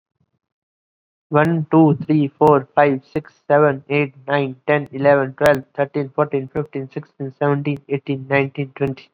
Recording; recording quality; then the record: counting at a fast pace; excellent, no background noise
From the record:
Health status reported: COVID-19 positive, mild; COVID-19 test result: positive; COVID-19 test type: RT-PCR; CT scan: not taken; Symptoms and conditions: cough, sore throat, fatigue, muscle pain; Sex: male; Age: 23 years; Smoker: no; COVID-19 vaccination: both doses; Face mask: worn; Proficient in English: no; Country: India